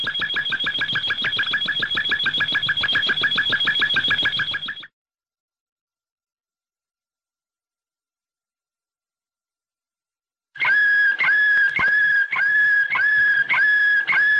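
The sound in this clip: Domestic canary gives a rapid buzzy rolling trill for several seconds, then silence, then a series of clear repeated notes about two per second.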